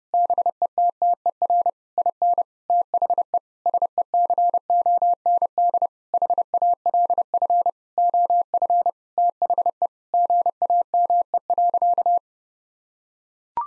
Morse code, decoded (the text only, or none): BETTER IN THE SECOND HALF OF THE GAME.